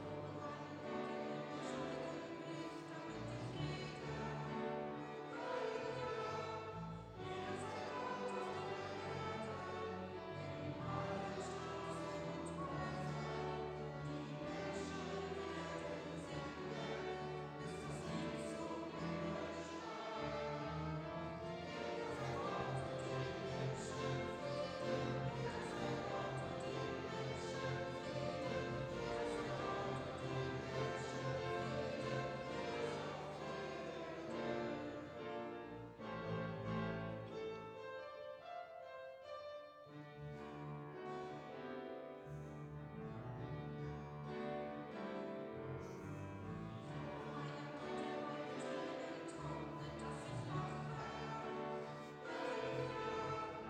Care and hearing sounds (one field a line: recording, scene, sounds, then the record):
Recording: everyday scene through a hearing-aid microphone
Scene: reverberant space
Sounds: music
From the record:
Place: church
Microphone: in the ear canal, left